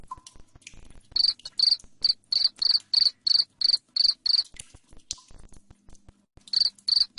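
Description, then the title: Cricket chirps come in a steady series of high, rasping pulses near three per second, stop for over a second, then resume briefly at the end. Loud cricket chirping (ngerik) played to make lovebirds sing (ngekek) continuously. "Suara JANGKRIK NGERIK Keras Bikin LOVEBIRD Jadi NGEKEK Terus"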